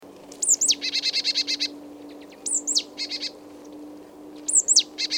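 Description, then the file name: Marsh tit calls repeated three times: sharp descending 'pitchou' notes each followed by a rapid series of nasal, buzzy notes, up to about nine, over a faint steady hum. "Poecile palustris"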